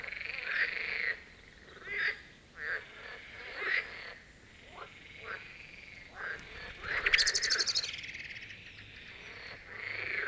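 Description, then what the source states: Marsh frog chorus of rattling croaks and shorter notes, with a brief loud high burst partway through. Chorus of marsh frogs at the Birkensee in Schönbuch, Germany, recorded on one of the first proper hot days of summer 2023.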